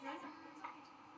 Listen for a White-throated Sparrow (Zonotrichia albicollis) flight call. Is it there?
no